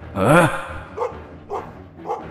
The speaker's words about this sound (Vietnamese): Lúc này tiếng chó lại sủa lên giữa đêm vắng.